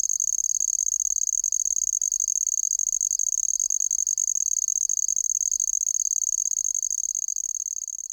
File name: insect musicians handsome trig